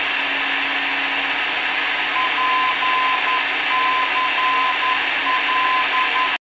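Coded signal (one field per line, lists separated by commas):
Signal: Morse code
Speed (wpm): 10 wpm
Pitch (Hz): 1020 Hz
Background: radio noise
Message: PCL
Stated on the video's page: Non-directional beacon on 415 kHz, transmitted from Poços de Caldas and received in Belo Horizonte on a Tecsun PL310ET portable with internal antenna.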